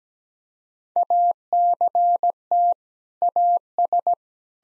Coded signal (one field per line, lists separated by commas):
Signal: Morse code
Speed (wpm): 17 wpm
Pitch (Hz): 700 Hz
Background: none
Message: ACT AS